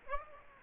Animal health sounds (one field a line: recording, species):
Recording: mosquito wingbeat signal from an infrared sensor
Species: Aedes aegypti